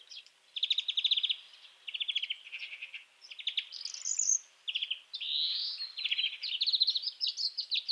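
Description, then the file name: European greenfinch singing: bursts of fast trilled notes with a few buzzy wheezing phrases, separated by short gaps. "Chloris chloris"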